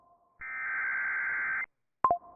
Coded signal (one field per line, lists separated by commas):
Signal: Emergency Alert System (SAME) tones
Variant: header bursts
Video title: TWO DAYS LATER: MORE STORMS IN THE DFW AREA... EAS Alerts from 12/26/24 (EAS #5,305 - 5,339)